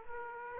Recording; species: mosquito wingbeat signal from an infrared sensor; Aedes aegypti